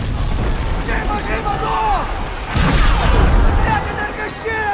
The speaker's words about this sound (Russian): Пока истребители палят по двери, в брешь, обдирая обшивку фюзеляжа, проскакивает треугольный челнок.